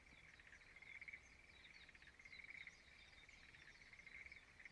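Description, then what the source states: Frog chorus, pulsed trilling that peaks in short surges, with many slurred high chirps above the steady calling. Frogs singing in a rice field at dawn in Izumo, Shimane Prefecture, Japan.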